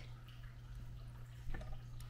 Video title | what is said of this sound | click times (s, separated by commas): How To FLETCH Arrows With The Bitzenburger Jig | turn that knob until you hear and feel it click | 1.5 s, 2.0 s